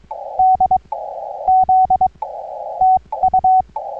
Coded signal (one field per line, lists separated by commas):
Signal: Morse code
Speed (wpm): 22 wpm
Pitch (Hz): 750 Hz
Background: none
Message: DZ TU